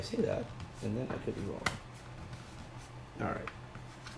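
Someone talks while handling a plastic part being fitted onto a DJI FPV Combo drone during unboxing, with soft handling noises and a faint tick near 3.8 seconds. Nothing has seated or clicked into place yet.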